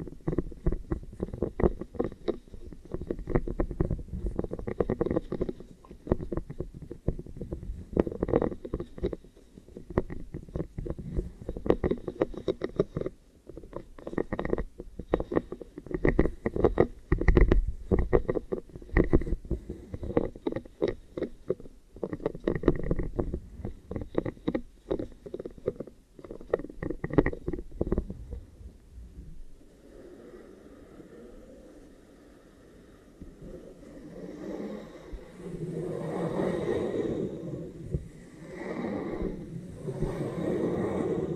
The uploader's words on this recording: ASMR Triggers Over, Under and Inside Your Ears. (No Talking).